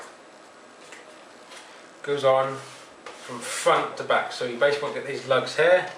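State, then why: Not seated. The plastic top cover lid of a PS3 game console is being positioned on the chassis, with its lugs lined up front to back before closing. Faint rubbing and handling sounds come first, then someone talks from about 2 seconds on. Nothing has seated or clicked yet.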